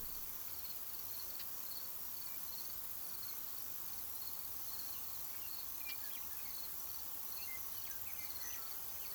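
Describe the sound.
Crickets giving steady high pulsed chirps in a regular rhythm over a constant background hiss.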